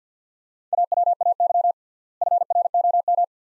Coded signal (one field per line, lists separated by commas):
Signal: Morse code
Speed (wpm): 50 wpm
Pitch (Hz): 700 Hz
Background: none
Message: AWAY FROM